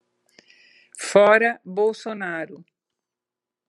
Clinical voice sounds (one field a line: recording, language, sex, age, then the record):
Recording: spoken sentence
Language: Brazilian Portuguese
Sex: female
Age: 60 to 69 years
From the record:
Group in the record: control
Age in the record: 60 years